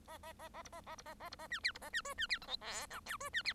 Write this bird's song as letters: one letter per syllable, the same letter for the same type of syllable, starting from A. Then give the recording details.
A A A A B A A B A A B A C D B A C E C D F G H I J E C D. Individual Bird1